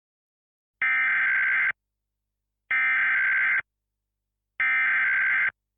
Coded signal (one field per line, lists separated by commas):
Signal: Emergency Alert System (SAME) tones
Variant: header bursts